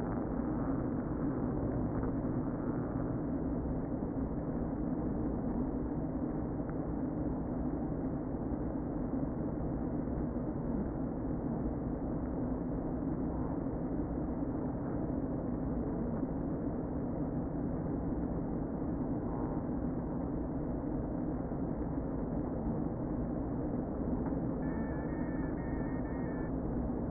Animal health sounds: honeybee colony, microphone inside the hive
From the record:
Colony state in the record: queen present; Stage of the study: before two queens were removed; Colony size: about 60,000 bees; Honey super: yes

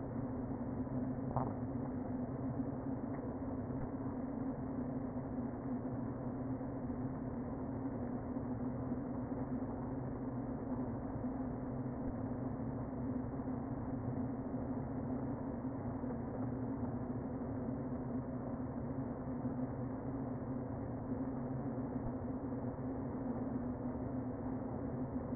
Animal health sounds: honeybee colony, microphone inside the hive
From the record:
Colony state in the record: queen present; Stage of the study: before two queens were removed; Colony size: about 60,000 bees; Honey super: yes

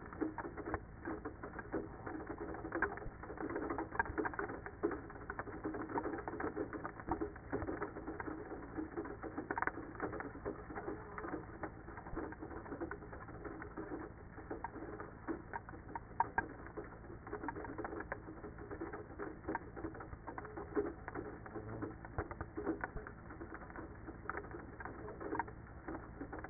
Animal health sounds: honeybee colony, microphone inside the hive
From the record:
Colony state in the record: queenless with a low population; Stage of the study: after two queens were removed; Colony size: about 30,000 bees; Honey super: no

